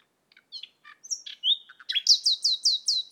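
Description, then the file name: Common nightingale song: scattered soft notes and a sliding whistle, building into a loud series of five or six repeated descending chirps. "Luscinia megarhynchos"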